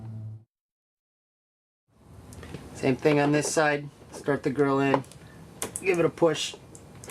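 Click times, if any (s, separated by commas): none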